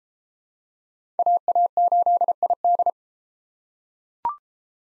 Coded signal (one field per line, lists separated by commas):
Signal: Morse code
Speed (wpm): 31 wpm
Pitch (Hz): 700 Hz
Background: none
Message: AA8ID